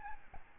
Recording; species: mosquito wingbeat signal from an infrared sensor; Aedes albopictus